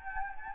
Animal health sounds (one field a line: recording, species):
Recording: mosquito wingbeat signal from an infrared sensor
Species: Anopheles gambiae